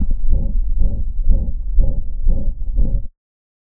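Rapid, regular heartbeat near 120 a minute, with a loud, harsh, continuous-sounding murmur filling nearly each whole cycle. This is the murmur of ventricular septal rupture after myocardial infarction, blood shunting through a tear in the wall between the ventricles.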